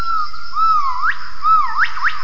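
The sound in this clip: Gibbon calls: clear whistled notes that dip and then sweep sharply upward, three rising swoops in about one second, over a steady tonal hum.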